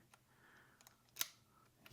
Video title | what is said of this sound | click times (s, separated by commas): Klein HOLLOW & Magnetic Nut Driver Set with Ratcheting Handle #tools #klein #electrical #hvac | You hear that click there? | 1.2 s